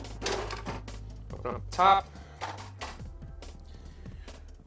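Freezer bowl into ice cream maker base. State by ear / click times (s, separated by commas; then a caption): not seated / none. Someone talks over music while handling the pre-frozen plastic freezer bowl, frozen for at least 12 hours, as it is set toward the base of a Cuisinart Mix It In ICE-45 Soft Serve Ice Cream Maker. Short handling bumps and thumps are heard. Nothing has seated or clicked into place yet.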